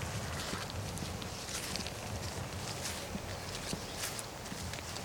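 Slow, plodding footsteps of an old man and hoofbeats of an old horse crunch along at an uneven walking pace, muffled beneath a steady, dense rustling hiss, with no voices.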